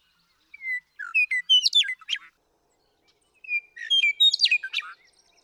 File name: Western Meadowlark